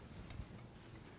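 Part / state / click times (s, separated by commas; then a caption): balloon whip attachment onto stand mixer beater shaft / seated / 0.3 s. A balloon whip attachment is lined up with the small mechanism on a stand mixer's beater shaft and given one twist so it locks into place. A sharp, bright click at 0.3 s marks the lock, followed by a fainter tick near 1.2 s over a low background rumble. The whip is seated.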